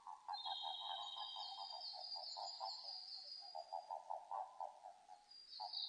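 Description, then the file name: Japanese common toad giving quick, evenly pulsed croaking notes in a long run, with a thin high whistled tone above and a soft background hiss. Recorded 5 June 2005; identified as the eastern form of the Japanese common toad. "050605 azumahikigaeru"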